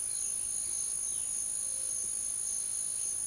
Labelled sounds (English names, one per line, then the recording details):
none
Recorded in secondary vegetation near Puerto Asís, Putumayo, Colombia, on 9 March 2025 at 13:30
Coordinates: 0.489, -76.322
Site G042